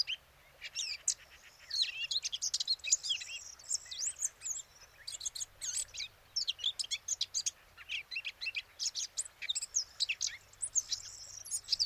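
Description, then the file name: Eurasian blackcap song: continuous busy warbling of high chirps and slurred whistles with little pause, heard over a steady background hiss. "Sylvia atricapilla"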